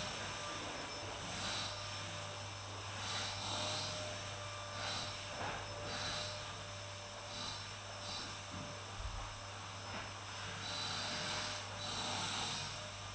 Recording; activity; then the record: daily activity, microphone in the room; vacuum cleaning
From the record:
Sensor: 2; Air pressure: 988.5 hPa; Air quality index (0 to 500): 195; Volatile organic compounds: 210 ppm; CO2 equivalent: 4244 ppm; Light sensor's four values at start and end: 19/66/26/24 and 19/66/26/24